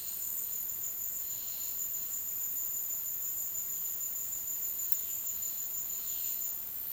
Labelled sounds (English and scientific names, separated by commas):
none